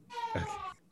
The baby crying in the background.